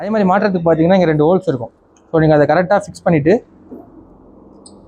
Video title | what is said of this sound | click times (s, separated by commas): Recliner Wheelchair with U Cut Commode @ aeoncare chennai | இந்த மாதிரி lock பண்ணிங்கன்னா லாக் ஆகிடும். | 4.7 s